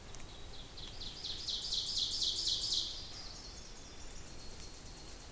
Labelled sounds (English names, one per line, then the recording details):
Ovenbird song
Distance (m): 45 m
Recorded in boreal forest in Alberta, Canada, on 26 May 2016 at 08:54
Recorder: SongMeter 3, array SBT-3-15
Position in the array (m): 56 m, 211 m
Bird 20